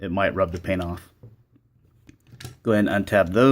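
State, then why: Seated. A plastic part of a transforming robot toy is set onto the figure's back and clips into place with a sharp click at 2.4 s, after a few faint handling ticks. Someone talks before and after, and the part ends up seated.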